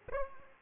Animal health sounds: mosquito wingbeat signal from an infrared sensor; Aedes aegypti

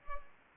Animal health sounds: mosquito wingbeat signal from an infrared sensor; Culex pipiens

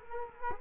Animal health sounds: mosquito wingbeat signal from an infrared sensor; Culex quinquefasciatus

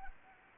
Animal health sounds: mosquito wingbeat signal from an infrared sensor; Anopheles arabiensis

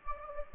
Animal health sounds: mosquito wingbeat signal from an infrared sensor; Anopheles gambiae

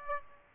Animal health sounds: mosquito wingbeat signal from an infrared sensor; Aedes aegypti

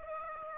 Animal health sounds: mosquito wingbeat signal from an infrared sensor; Aedes aegypti

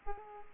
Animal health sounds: mosquito wingbeat signal from an infrared sensor; Aedes aegypti

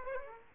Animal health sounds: mosquito wingbeat signal from an infrared sensor; Aedes aegypti

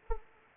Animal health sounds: mosquito wingbeat signal from an infrared sensor; Anopheles arabiensis

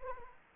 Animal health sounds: mosquito wingbeat signal from an infrared sensor; Anopheles arabiensis

